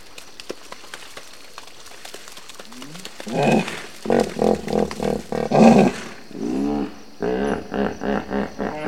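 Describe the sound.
Hippopotamus grunting calls, a series of deep pulsing honks in rhythmic bursts after three quiet seconds, building then repeating in a second bout.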